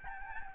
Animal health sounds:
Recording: mosquito wingbeat signal from an infrared sensor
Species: Aedes albopictus

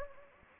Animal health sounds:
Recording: mosquito wingbeat signal from an infrared sensor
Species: Anopheles gambiae

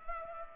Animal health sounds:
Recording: mosquito wingbeat signal from an infrared sensor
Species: Culex pipiens

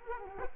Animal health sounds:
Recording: mosquito wingbeat signal from an infrared sensor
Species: Culex quinquefasciatus

